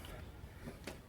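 A new seatbelt tongue is pushed into the seat belt buckle of a newly fitted driver seat in a Toyota Landcruiser 80 series. Under a low steady background, it latches with a short, sharp click at 0.9 s. The buckle is seated and locked.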